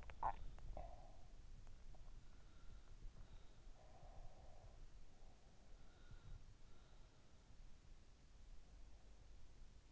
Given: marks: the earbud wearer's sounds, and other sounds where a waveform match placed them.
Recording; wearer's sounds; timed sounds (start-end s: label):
sounds in sleep by an in-ear microphone; swallowing, breath
0.00-1.48 s: swallowing
3.43-5.31 s: breath
5.71-7.74 s: sound from someone else or the room